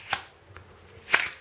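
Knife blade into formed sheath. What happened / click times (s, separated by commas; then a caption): The blade snapped into its sheath / 1.1 s. A stainless Jaktkit Knv2 bushcraft knife is pushed into its formed sheath, which has Chicago screws and grips around the handle. A sharp tick comes at 0.1 s and a faint one near 0.6 s, then a bright snap at 1.2 s as the knife seats firmly, showing very good snap retention.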